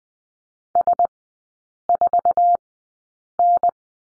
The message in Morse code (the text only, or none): S4N